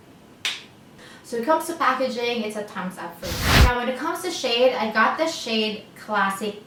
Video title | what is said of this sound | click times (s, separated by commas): Best $6 Foundation For SELFIES- WET N WILD Photo Focus Foundation Review & Wear Test | block here you could really like steal this can you hear that click | 0.5 s